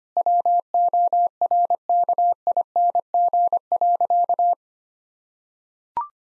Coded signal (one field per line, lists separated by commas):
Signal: Morse code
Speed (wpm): 25 wpm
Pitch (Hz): 700 Hz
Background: none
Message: WORKING.